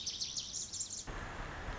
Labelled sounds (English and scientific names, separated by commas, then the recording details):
Pacific Wren (Troglodytes pacificus)
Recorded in Sonoma County, California